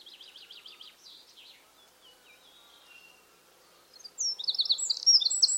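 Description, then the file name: Eurasian wren song: soft wavering notes at first, then a loud burst of high chattering notes toward the end. "Troglodytes troglodytes"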